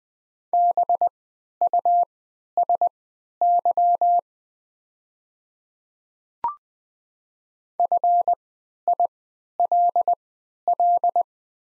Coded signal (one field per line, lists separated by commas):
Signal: Morse code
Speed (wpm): 21 wpm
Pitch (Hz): 700 Hz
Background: none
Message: BUSY FILL